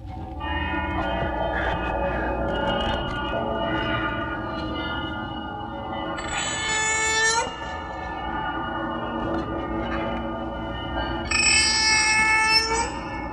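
The horror film score of The Texas Chainsaw Massacre, built around an electronically amplified cat cry at the start, with dense metallic and dissonant drones throughout, rising twice into shrill, piercing swells. It plays loud and steady, with no voices.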